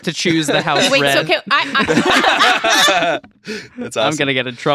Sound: laughter